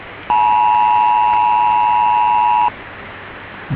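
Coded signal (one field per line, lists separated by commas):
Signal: Emergency Alert System (SAME) tones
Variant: 853 and 960 Hz attention tone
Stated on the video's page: EAS data message inserted into a hijacked loop replacing programming on 1206 kHz AM in Perth.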